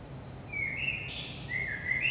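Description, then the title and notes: Common blackbird fluting notes, two short low warbles with a faint high squeak between, over a constant low hum. Recorded in Saint-Gilles, Belgium, at 5 am in the early morning; DPA 4060 microphones in AB position into a Zoom F3 recorder. "Saint-Gilles, Belgique - 5am Blackbird. Blackbird in the morning. Merle au petit matin"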